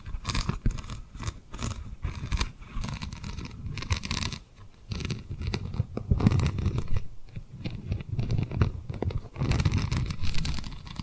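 Tapping and rubbing on rhinestones, a dense run of small clicky taps mixed with scratchy rubbing and soft crunching, with moist lip sounds underneath. The activity is nearly continuous, with brief lulls around four and nine seconds before the tapping picks back up.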